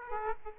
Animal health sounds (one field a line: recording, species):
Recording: mosquito wingbeat signal from an infrared sensor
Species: Aedes aegypti